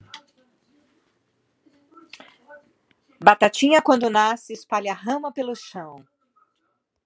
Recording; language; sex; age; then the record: short text; Brazilian Portuguese; female; 60 to 69 years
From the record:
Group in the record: control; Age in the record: 62 years